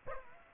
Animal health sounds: mosquito wingbeat signal from an infrared sensor; Aedes aegypti

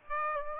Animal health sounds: mosquito wingbeat signal from an infrared sensor; Aedes aegypti

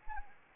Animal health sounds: mosquito wingbeat signal from an infrared sensor; Anopheles arabiensis

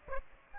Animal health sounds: mosquito wingbeat signal from an infrared sensor; Aedes aegypti

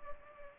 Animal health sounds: mosquito wingbeat signal from an infrared sensor; Anopheles gambiae

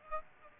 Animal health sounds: mosquito wingbeat signal from an infrared sensor; Aedes aegypti

